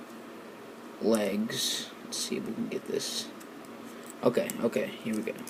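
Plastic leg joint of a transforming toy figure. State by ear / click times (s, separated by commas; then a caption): not seated / none. Someone talks while bending up the legs of a plastic Transformers Generations Deluxe Mini-Con Assault Team action figure and working a leg part into position at its plastic leg joint, with faint handling noises between the words. The part is not yet home, and nothing has seated or clicked yet.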